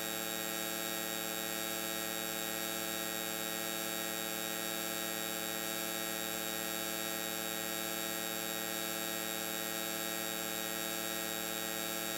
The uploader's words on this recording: AW4416: Electronic Field. The coil pickups were placed on the two screens of the AW4416 whilst mastering this recording.